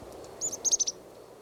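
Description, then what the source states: Chickadee call: a quick burst of five or six high, thin notes over a soft low background hiss. Chickadee foraging actively 2 meters up in dead pine branches, another chickadee 4-5 meters away in the same loose flock.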